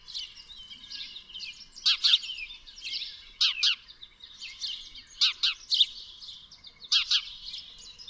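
Bird song: high, sharp chirps and short buzzy trills in scattered phrases over a faint hiss of background noise.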